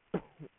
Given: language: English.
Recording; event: throat vibration sensor signal played as sound; cough